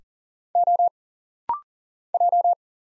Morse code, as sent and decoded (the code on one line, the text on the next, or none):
--- / .---
O J